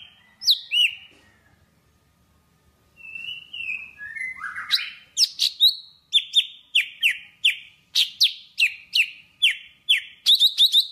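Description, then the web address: Java sparrow song: a few whistled notes, a pause, more whistles, then a steady series of sharp, falling chirps. "tieng chim thanh tuoc hot. tieng dong vat"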